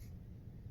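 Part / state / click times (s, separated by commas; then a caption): folding knife blade into its lock / not seated / none. A Frost Cutlery Navaja folding knife blade is being worked toward its lock, heard as a steady low rumble with faint hiss and a brief burst of high-frequency noise at the very start. No sharp transient stands out, and nothing has seated or clicked yet.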